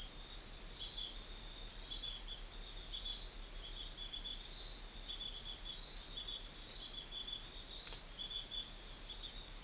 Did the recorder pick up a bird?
no